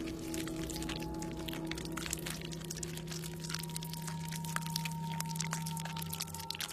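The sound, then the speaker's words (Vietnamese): Wet, smacking chewing of someone eating, coming from beside a window near a gate, heard as a steady stream of irregular little clicks and crackles over a constant low hum, with no talking. “Âm thanh hình như nhóp nhép, tựa như là có người đang ăn uống vọng vào.”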